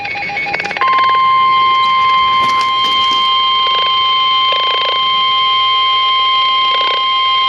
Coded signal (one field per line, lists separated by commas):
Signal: Emergency Alert System (SAME) tones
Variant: 1050 Hz attention tone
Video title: Special Marine Warning (EAS #387)